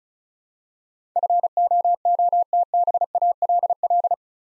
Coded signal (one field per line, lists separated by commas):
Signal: Morse code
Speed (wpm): 36 wpm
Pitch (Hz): 700 Hz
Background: none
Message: FOOTBALL